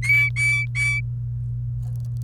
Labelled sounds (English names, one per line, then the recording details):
Domestic Canary song
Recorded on 28 April 2018 at 11:21
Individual llb3